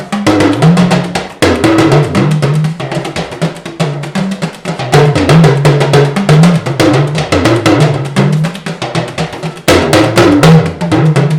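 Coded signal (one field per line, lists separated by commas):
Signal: talking drum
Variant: Yoruba dùndún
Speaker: So now, during that, you said more than the will. You put some small stuff inside. What did you say inside that? Àwọn báyẹ̀wò, àwọn àyànfẹ́ mi, àwọn lọ́lọ́ fún ẹnìkan tọrọ Ọlọ́run ò fún àwọn lọ́lọ́ fún ọmọ báyẹ̀wò. That I mention your name and I mention my name.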